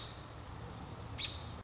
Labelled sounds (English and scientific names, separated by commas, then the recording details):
American Robin (Turdus migratorius)
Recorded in Sonoma County, California